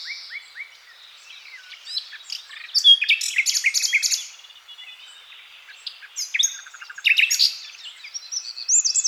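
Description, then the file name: Common nightingale singing: soft downslurred whistles, then loud, rich bursts of rattling and churring notes alternating with brief pauses and sharp rising chips. "Luscinia megarhynchos"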